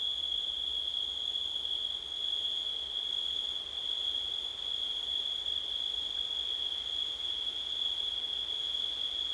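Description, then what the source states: Crickets sustain a shrill, level trill from start to finish, with soft background hiss beneath. Crickets recorded on a windy September night.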